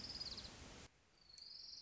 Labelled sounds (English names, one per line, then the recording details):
Orange-crowned Warbler
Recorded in Sonoma County, California